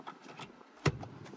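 During reassembly after fitting a reverse camera to a 2016–2020 Toyota Hilux, the glove box or dash trim panel is pushed by hand into its plastic dashboard clips. A few faint ticks and light rustles lead up to one sharp, loud click at 0.9 s, followed by a softer tick just after. The clips seat.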